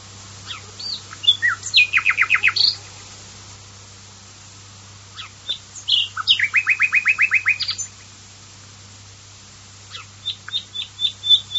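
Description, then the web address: Common nightingale singing three phrases separated by pauses. Each opens with scattered sharp notes and breaks into a fast, rattling series of repeated notes. The last is higher and thinner. "varie usignolo"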